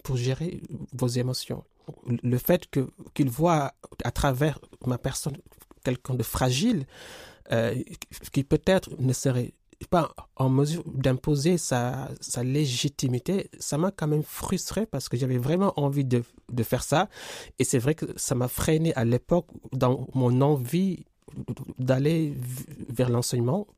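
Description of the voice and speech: An adult man speaks French at a low, steady pitch, with frequent stretched sounds, a drawn-out filler and pauses breaking his phrases. These mild prolongations and hesitations fit his stuttering, which he says persists in the same way with the same tensions, though much of the speech flows fairly smoothly.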